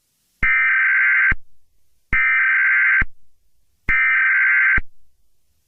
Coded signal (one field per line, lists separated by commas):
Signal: Emergency Alert System (SAME) tones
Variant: header bursts